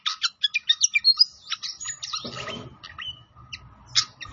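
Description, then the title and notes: Pied fantail song opening with evenly spaced sharp chirps, then a scratchy jumble, then scattered single notes. Masteran training of a clear song mixed with the sound of flowing water. "Masteran Sikatan Kipas Suara Jernih Dan Suara Gemericik Air. Suara Burung Sikatan Londo"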